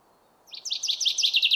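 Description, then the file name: Common chaffinch song: a fast series of bright, high, repeated notes that begins after half a second and runs on steadily to the end, over a faint low hiss. "Fringilla coelebs"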